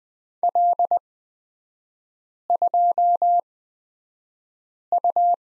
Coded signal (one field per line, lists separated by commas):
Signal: Morse code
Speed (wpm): 20 wpm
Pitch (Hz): 700 Hz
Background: none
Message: L2U